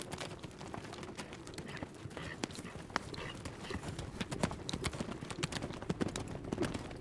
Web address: horse